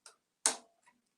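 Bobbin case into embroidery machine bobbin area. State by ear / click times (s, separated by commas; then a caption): seated / 0.5 s. A bobbin case is pushed onto the post in the bobbin area of a Brother PRS100 embroidery machine, with the latch facing out. After a faint tick at 0.1 s, a sharp snap at 0.5 s confirms the bobbin case is seated. A soft tick follows near 0.9 s.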